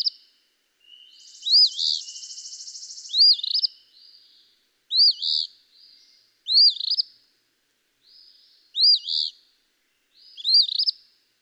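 Eastern phoebe giving six burry fee-bee phrases; a buzzy sound runs between the first two, and soft notes fill the gaps.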